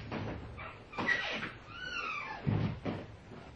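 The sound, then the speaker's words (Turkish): The door of a house at Fethi Bey Caddesi 1 being opened: a few wooden knocks and rattles, then a drawn-out creaking of the hinges, ending with a couple of dull thuds. “Siz kapıyı açın da biz içeride bekleriz.”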